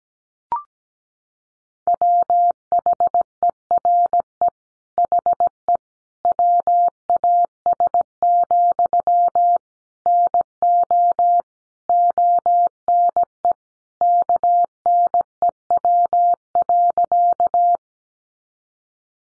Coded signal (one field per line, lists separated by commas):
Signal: Morse code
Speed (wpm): 17 wpm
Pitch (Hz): 700 Hz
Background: none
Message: WHERE HE WAS, NO ONE KNEW.